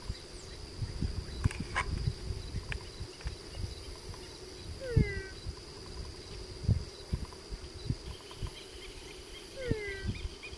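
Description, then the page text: Weeping frog calls: two short whining notes that slide downward, about five seconds apart, over low rumbling background noise and a steady high tone. Single frog calling alone at Guatraché, first time heard there; called for a while, then stopped calling after playback was played to it. "esta especie en Guatraché"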